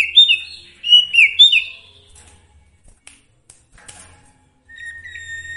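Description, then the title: Sooty-headed bulbul song: a short run of bubbly, slurred chirping notes, then quiet, ending with a soft level whistle. Training song (masteran) with full variations. "Masteran Sirtu Full Variasi"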